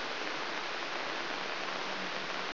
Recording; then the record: brain microelectrode recording played as sound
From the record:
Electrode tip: outside the subthalamic nucleus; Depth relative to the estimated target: 2.5 mm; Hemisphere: left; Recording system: AlphaMap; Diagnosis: Parkinson's disease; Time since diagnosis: 13 years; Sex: male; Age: 62 years